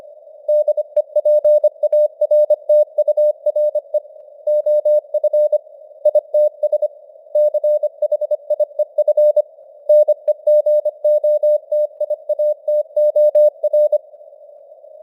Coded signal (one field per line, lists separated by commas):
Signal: Morse code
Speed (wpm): 25 wpm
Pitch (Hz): 600 Hz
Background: none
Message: DEPARTURE OF ITS CHIEF NEGOTIATOR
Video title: Morse Code News | 2025-11-30 | 25wpm